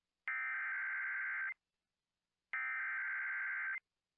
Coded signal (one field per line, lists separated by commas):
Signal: Emergency Alert System (SAME) tones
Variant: header bursts